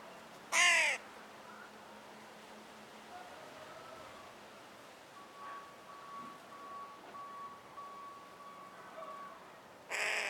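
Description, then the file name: Carrion crow giving two loud, harsh caws, one near the start and one at the very end, with a faint steady whistle-like tone and quiet background between them. "Corvus corone - Carrion Crow"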